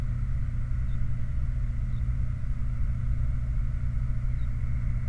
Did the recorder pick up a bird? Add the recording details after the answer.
yes. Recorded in the Prudhoe Bay oil fields, Alaska, on 29 July 2019 at 03:35. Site 29